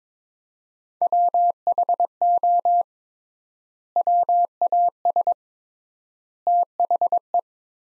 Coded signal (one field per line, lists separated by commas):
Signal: Morse code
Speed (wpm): 21 wpm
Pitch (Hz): 700 Hz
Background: none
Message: WHO WAS THE